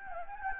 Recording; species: mosquito wingbeat signal from an infrared sensor; Anopheles gambiae